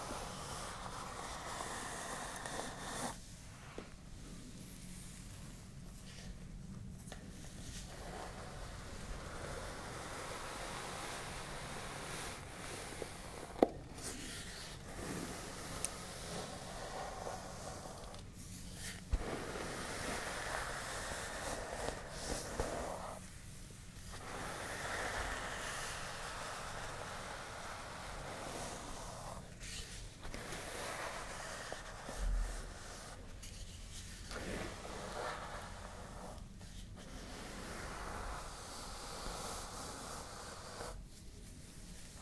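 A brush is drawn through hair in long, steady rustling strokes, a dense hissing swish that fills most of the time. Brief quiet breaks fall every few seconds between strokes, and a single sharp click stands out near the 14-second mark.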